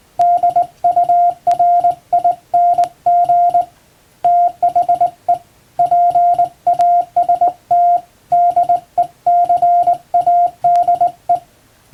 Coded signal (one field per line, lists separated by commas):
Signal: Morse code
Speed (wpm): 20 wpm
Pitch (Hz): 700 Hz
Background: radio noise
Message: DURING THE PAST DECADE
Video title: 縦振り電鍵で打った綺麗な欧文モールス符号！電鍵で打てるとモールスも楽しいですよ！平文の欧文モールス符号練習です！YouTubeの再生速度を調整して聴いてみよう(morse code practice)